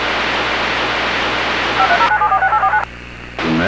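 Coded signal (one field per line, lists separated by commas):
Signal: DTMF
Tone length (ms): 80 ms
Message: 5309746849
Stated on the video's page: Mock EAS alert for an Iceberg Warning.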